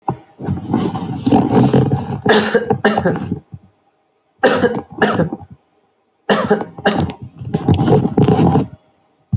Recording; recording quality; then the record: heavy voluntary cough; moderate, slight background noise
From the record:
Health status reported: healthy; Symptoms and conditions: none ticked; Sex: male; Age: 27 years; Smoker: yes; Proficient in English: yes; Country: India